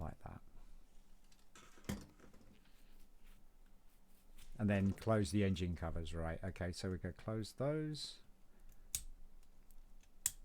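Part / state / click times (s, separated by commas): plastic brick engine cover closing onto a helicopter model body / seated / 10.3 s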